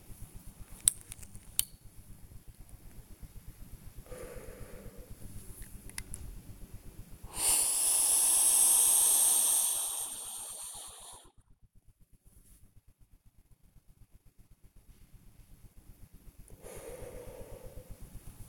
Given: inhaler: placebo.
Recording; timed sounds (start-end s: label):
one use of a dry powder inhaler by a smartwatch
0.23-1.90 s: inhaler activation
3.97-5.28 s: exhalation
7.19-11.38 s: inhalation
16.44-18.19 s: exhalation